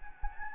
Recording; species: mosquito wingbeat signal from an infrared sensor; Anopheles gambiae